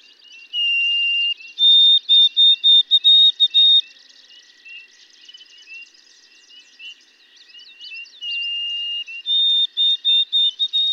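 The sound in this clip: White-throated sparrow song: a clear steady whistle followed by a higher whistle broken into several even notes, sung twice, with many faint chirping birds behind.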